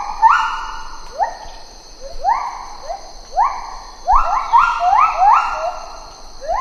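Lar gibbon calling in quick succession, upswept whoops with held endings, several overlapping in a rapid burst, over a steady high-pitched drone.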